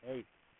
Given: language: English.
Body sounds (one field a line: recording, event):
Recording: throat vibration sensor signal played as sound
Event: speech